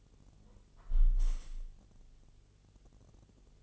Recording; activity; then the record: daily activity, microphone in the room; close window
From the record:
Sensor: 4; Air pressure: 1015.8 hPa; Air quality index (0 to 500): 110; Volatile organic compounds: 2 ppm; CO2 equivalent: 1231 ppm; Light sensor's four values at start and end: 9/20/8/7 and 9/20/8/7